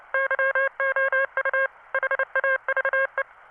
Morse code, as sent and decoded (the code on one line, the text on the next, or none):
-.-- --- ..- / .... .- ...- .
YOU HAVE